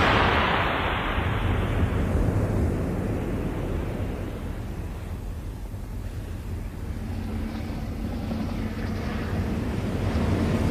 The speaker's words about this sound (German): Sie kommen, Berenice, der Hubschrauber.